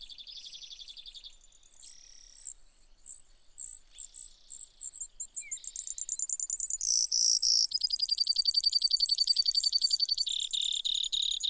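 Brewer's sparrow song: long rambling series of high buzzy trills, quieter at first, growing louder into rapid pulsed trills that change pitch.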